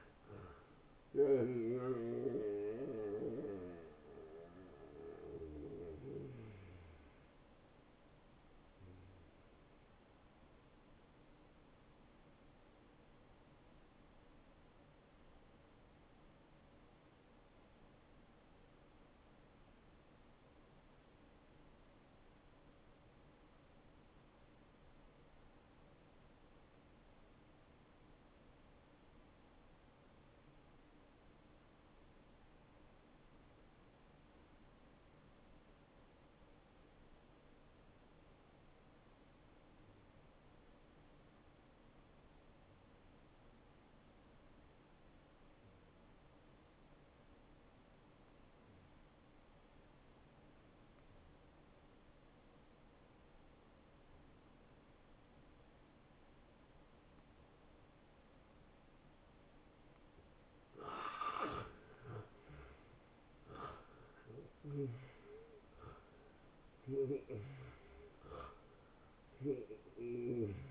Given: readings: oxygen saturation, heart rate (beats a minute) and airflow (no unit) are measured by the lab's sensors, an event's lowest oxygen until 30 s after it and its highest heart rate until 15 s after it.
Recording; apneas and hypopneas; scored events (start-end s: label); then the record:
breathing in sleep by a voice recorder at the bedside; 1
16.00-70.70 s: new sleep stage, N2 (light sleep)
17.00-62.90 s: obstructive apnea (N2, oxygen 97% highest, then 82% lowest)
From the record:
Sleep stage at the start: N1 (lightest sleep); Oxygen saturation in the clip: 81 to 97%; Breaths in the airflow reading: 7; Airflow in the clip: -16.1 to 9.6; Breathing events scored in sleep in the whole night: 263 in 5.5 hours asleep